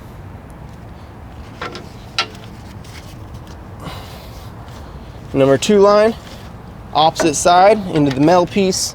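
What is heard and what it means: A hydraulic hose quick coupler carrying the power line of an LS Tractors LB1107 backhoe is pushed onto the tractor's remote valve port fitting. A few faint taps come before a sharp metallic click at 2.2 s, when the coupler locks into place. Afterward, someone talks.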